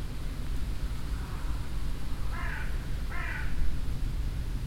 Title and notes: Roder - Wind in the bushes. At a cow meadow. The silent, windy atmosphere with sounds of the leaves, different kind of birds and finally some crows that fly by